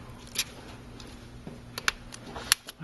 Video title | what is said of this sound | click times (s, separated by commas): Motorola Xyboard glass and digitzer repair | just snap it in place all around okay | 0.4 s, 1.9 s, 2.5 s